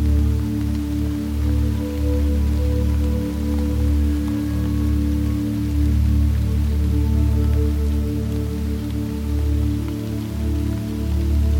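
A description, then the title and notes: Soft, even rain hiss runs beneath a steady, deep humming drone of layered low tones that holds unchanged throughout, with no distinct events. 432hz Binaural Healing Sleep Music with Rain Sounds. Mixed with the soothing sound of rain.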